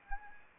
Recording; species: mosquito wingbeat signal from an infrared sensor; Anopheles arabiensis